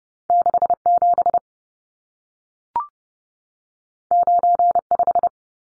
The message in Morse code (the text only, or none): 67 95